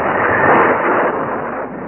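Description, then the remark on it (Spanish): A sustained, heavy roar of thunder from a furious storm at night, with flashes of lightning, rumbles for about two seconds, loud and broad, swelling slightly before slowly easing off, with no voices over it. “Su rostro, de asombrosa belleza varonil, se iluminaba con el resplandor de los relámpagos que rompían las sombras de la noche.”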